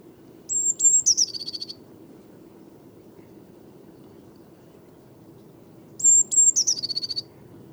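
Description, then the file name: Eurasian blue tit singing twice, about five and a half seconds apart. Each phrase has high thin whistles and a quick descending trill, over faint low rumble. "Cyanistes caeruleus"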